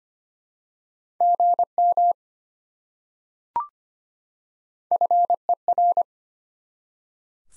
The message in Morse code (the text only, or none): GM FER